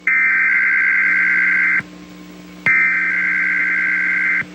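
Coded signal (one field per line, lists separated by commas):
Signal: Emergency Alert System (SAME) tones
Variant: header bursts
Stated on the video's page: NOAA Weather Radio required weekly test from station at Sister Bay.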